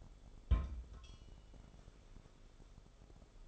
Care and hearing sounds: daily activity, microphone in the room; place on stove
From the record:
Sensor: 5

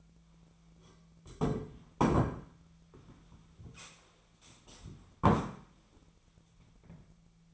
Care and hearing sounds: daily activity, microphone in the room; sit down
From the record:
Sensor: 1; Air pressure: 1008.1 hPa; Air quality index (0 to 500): 190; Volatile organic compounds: 17 ppm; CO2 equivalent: 2578 ppm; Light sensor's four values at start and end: 12/30/12/14 and 13/34/13/15

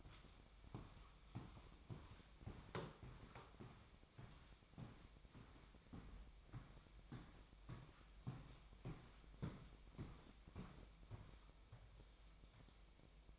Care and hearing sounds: daily activity, microphone in the room; walk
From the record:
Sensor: 1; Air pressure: 1001.6 hPa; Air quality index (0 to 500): 222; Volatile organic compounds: 30 ppm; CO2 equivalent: 2960 ppm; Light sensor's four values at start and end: 9/32/11/13 and 9/31/11/12

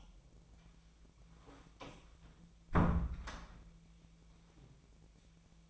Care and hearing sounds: daily activity, microphone in the room; close door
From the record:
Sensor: 1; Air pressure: 1000.5 hPa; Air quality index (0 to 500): 181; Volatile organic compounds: 4 ppm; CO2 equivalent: 1674 ppm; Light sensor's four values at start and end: 13/31/13/15 and 12/30/12/14

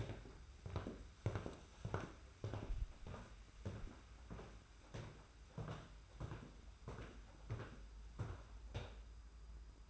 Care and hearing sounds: daily activity, microphone in the room; walk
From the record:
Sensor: 2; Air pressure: 991.5 hPa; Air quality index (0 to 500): 188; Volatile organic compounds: 1000 ppm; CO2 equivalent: 6123 ppm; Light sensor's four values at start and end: 29/90/35/33 and 30/91/35/34

